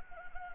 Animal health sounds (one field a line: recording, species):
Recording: mosquito wingbeat signal from an infrared sensor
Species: Anopheles gambiae